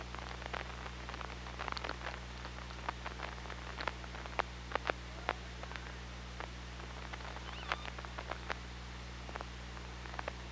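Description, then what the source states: Orca sounds: many irregular sharp clicks with a few faint, wavering tonal calls, all over a steady low hum. OrcaLab hydrophone, 24 August 2017 at 15:59.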